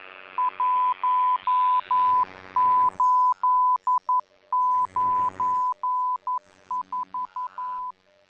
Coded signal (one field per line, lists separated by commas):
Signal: Morse code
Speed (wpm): 11 wpm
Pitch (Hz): 1000 Hz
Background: none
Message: 1894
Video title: Improve Your Morse Code - Swaffham ATC Cold War Cadets